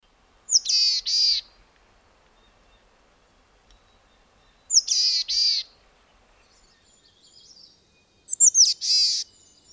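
Bird calls: three short, buzzy, high-pitched bursts, each starting with a sharp note, spaced about four seconds apart against a quiet background.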